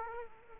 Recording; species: mosquito wingbeat signal from an infrared sensor; Culex quinquefasciatus